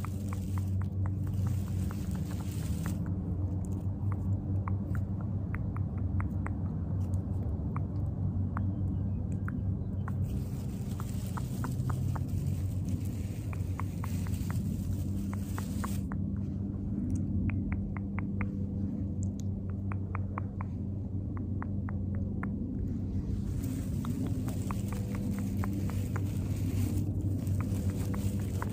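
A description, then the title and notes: Grass being played in a garden, heard as a steady run of small clicks and pops that come in bursts throughout. Beneath them sits a constant low rumble, and a thin, high steady whine runs across the whole recording. The garden (nature sounds, mouth sounds, grass playing).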